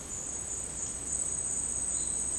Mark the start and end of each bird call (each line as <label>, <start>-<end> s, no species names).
bird call, 1.82-2.22 s